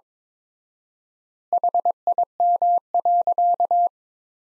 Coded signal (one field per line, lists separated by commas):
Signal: Morse code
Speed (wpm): 22 wpm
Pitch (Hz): 700 Hz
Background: none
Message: HIM.